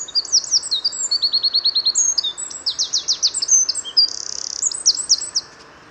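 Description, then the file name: Eurasian wren singing a long, vigorous burst of high twittering notes mixed with quick repeated trills and a buzzy rattle, all sharp and bright. "Troglodytes troglodytes"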